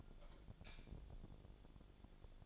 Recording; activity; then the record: daily activity, microphone in the room; light off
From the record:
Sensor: 5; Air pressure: 1000.2 hPa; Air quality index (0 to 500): 102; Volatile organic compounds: 1 ppm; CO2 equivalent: 824 ppm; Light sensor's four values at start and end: 210/499/214/236 and 209/495/212/234